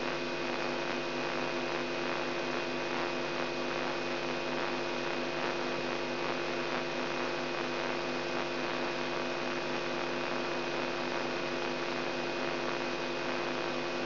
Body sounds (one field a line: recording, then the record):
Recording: brain microelectrode recording played as sound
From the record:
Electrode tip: inside the subthalamic nucleus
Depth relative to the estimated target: -2.4 mm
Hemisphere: right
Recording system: AlphaMap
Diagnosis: Parkinson's disease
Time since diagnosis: 17 years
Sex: female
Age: 63 years